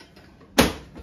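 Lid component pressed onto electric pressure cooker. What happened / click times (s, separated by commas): The lid part snapped down into place / 0.6 s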